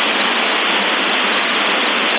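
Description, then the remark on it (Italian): Wind blows in a steady, loud rushing hiss that holds evenly for the whole couple of seconds, with no gusts, breaks or voices. “Sento un po' di vento e sicuramente sta per arrivare qualcosa.”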